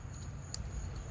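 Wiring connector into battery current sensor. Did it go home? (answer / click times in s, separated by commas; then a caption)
yes / 0.5 s. An electrical connector is pushed onto the battery current sensor on the negative battery cable of a 2013 Honda Civic. A single sharp, loud click is heard at 0.5 s over a low background hum. The connector clicks in and is seated.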